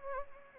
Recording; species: mosquito wingbeat signal from an infrared sensor; Anopheles gambiae